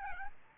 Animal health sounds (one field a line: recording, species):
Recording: mosquito wingbeat signal from an infrared sensor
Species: Aedes albopictus